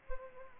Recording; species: mosquito wingbeat signal from an infrared sensor; Culex pipiens